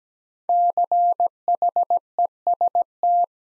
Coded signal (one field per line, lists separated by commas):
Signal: Morse code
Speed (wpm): 17 wpm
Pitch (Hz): 700 Hz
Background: none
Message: CHEST